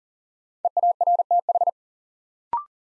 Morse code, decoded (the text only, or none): EARTH